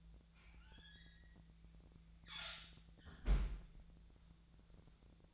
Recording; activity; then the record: daily activity, microphone in the room; close fridge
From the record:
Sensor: 3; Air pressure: 1009.6 hPa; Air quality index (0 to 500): 194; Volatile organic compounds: 16 ppm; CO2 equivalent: 2526 ppm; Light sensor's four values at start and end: 37/91/39/41 and 36/91/39/41